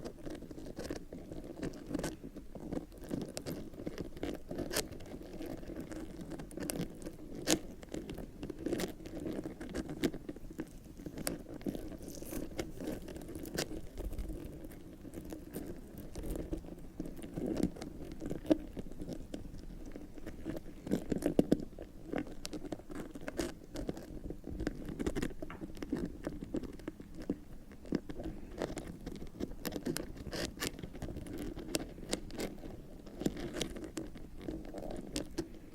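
Fingernails scratch and rub across leather bags in a busy, continuous texture of soft scuffs and quick crackly clicks. The rustling stays fairly steady and low, with sharp ticks scattered throughout and a brief louder burst of scraping around the twenty-one second mark.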